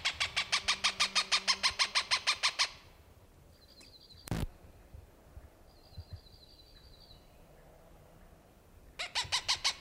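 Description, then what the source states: Cooper's hawk giving a fast, steady series of harsh cak notes, then a pause with a sharp click and faint high buzzy trills, then more cackling. Recorded June 21, 1995.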